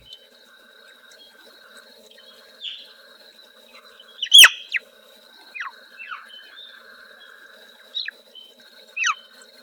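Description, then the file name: Swinhoe's frog calling: several brief, bird-like downward-sweeping chirps, one much louder near the middle, scattered irregularly over a constant high tone and a soft hum. "Rana swinhoana"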